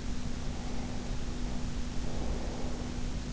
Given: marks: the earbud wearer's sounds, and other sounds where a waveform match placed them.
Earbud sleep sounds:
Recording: sounds in sleep by an in-ear microphone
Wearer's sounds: breath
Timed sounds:
0.26-3.26 s: breath

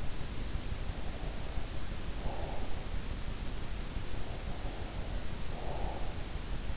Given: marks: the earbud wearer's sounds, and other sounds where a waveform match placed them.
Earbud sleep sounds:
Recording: sounds in sleep by an in-ear microphone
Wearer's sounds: breath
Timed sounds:
0.93-2.98 s: breath
4.01-6.39 s: breath

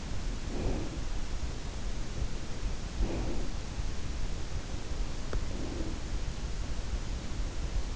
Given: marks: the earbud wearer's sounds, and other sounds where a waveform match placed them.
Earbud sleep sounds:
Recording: sounds in sleep by an in-ear microphone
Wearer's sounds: breath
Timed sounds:
0.35-1.32 s: breath
2.74-3.97 s: breath
5.26-6.49 s: breath

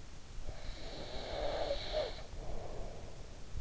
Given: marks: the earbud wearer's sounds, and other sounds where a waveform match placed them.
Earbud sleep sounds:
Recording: sounds in sleep by an in-ear microphone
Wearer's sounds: snoring breath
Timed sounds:
0.11-3.33 s: snoring breath

